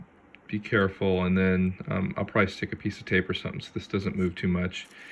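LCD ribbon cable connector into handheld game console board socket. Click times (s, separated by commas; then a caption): 0.3 s. The ribbon cable connector of a replacement IPS V2 LCD screen is folded over and pressed onto its board socket inside a Game Boy Advance SP handheld console. It seats with a sharp, short click at 0.3 s, and then someone talks.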